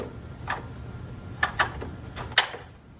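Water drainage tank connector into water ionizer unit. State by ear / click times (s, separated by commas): seated / 2.4 s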